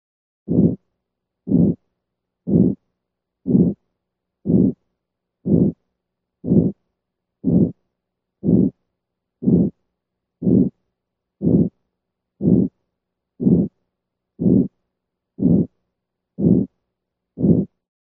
A crescendo, decrescendo, or ejection quality murmur.